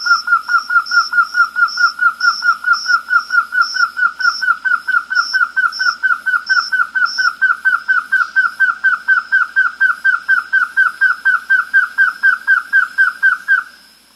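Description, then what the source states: Schwartz's antthrush song: a long, steady series of many hollow whistled notes lasting over thirteen seconds, with faint higher repeated notes in the background. South America.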